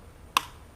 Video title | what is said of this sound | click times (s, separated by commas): Flipkart Cycle - Hercules S29 R1 Topgear cycle unboxing review in Malayalam. 21 gear Hercules cycle. | Tick ഒച്ച കേട്ടു. ഇപ്പോൾ reflector കറക്റ്റായിട്ട് ലോക്കായിട്ടുണ്ട്. | 0.4 s